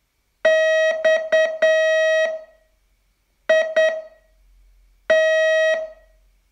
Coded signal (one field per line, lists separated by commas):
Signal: Morse code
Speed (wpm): 9 wpm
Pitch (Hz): 640 Hz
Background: none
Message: XIT